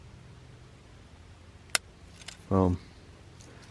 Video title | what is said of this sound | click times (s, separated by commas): How to set a CANINE FOOT Trap?!? | from behind you'll hear a click when it's ready. | 1.8 s